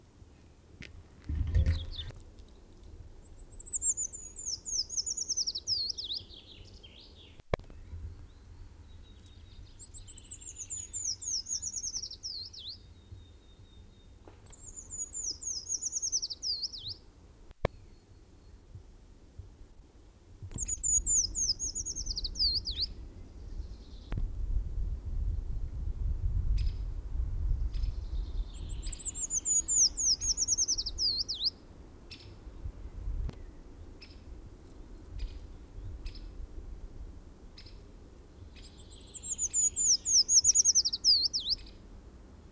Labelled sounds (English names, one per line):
Eurasian Treecreeper song